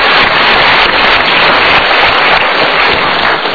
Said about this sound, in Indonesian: So, ibu begini, terima kasih. Kita berikan tepuk tangan dulu.